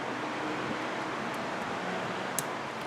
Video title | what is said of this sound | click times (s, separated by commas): Diagnosing and repair engine noise on a 2011 Honda CRV | for it to snap in which it did | 2.4 s